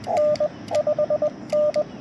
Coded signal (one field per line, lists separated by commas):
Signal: Morse code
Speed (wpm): 21 wpm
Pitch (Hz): 590 Hz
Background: radio noise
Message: N5N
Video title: Yaesu FT-891 Backpack Portable POTA CW Activation - 6/28/23 @ K-3714